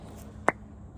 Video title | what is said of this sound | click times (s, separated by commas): Spark plug and ignition coil replacement on a 2007 Honda Fit Sport | pop loose but yet it's not it's just springing out | 0.5 s